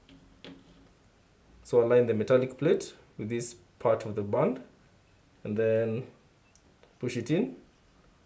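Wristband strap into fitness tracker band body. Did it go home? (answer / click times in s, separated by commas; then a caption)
no / none. A wristband strap's metal plate is being handled against the band body of a Xiaomi Smart Band 9 fitness tracker. Someone talks over a few faint ticks. The clip ends before the strap is pushed home, so nothing has seated or clicked yet.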